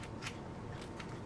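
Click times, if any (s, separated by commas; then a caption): 1.0 s. A small locking part is pushed into its holder beside a model ship build and latches into place, with a single short click at 1.0 s. Other faint snips and rustles occur through the clip.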